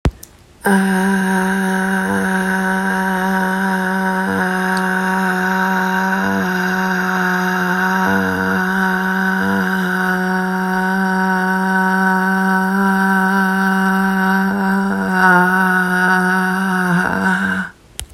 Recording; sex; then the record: sustained vowel /a/; female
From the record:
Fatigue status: no fatigue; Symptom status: symptomatic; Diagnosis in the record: COVID-19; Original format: m4a